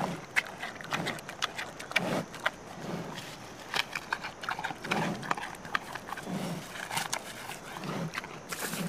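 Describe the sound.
Panda calls, a series of short, low, rough bleating bursts repeated irregularly over a steady noisy background.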